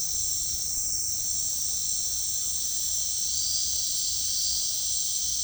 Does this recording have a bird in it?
no